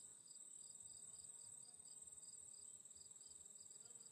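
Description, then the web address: Texas bush katydid song: a thin, very high continuous buzz overlaid with rapid pulsed lisping ticks, steady throughout with no other clear sounds. North America. "Nature Songs N America Songs of Insects -Texas Bush Katydid"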